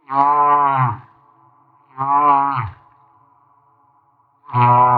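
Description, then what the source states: Humpback whale moans: three rich, harmonic lowing units, the last cut off, spaced about two and a half seconds apart, with a faint steady tone between them. Maui.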